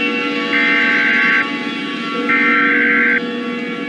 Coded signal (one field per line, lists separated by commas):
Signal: Emergency Alert System (SAME) tones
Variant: header bursts